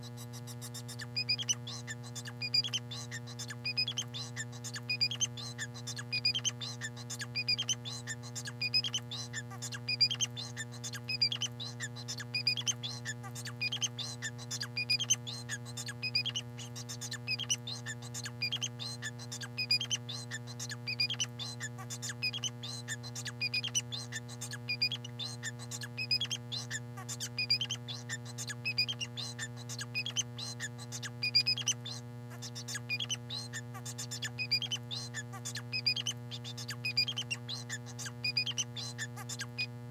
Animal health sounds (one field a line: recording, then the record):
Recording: song of a male Bengalese finch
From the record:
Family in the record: son of father 4